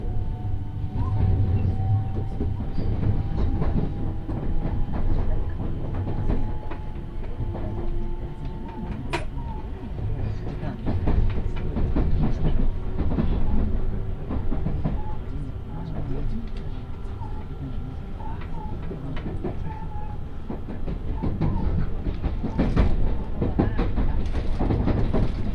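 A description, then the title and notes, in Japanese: Aboard a Tokaido Line special rapid train from Kusatsu toward Shin-Osaka, a dense, steady low rumble of the running carriage fills the whole clip. Faint tones drift and hold above it, frequent clacks and knocks punctuate the ride, and a sharp bang lands near nine seconds. 耳で楽しむ鉄道旅 東海道本線新快速 草津→新大阪。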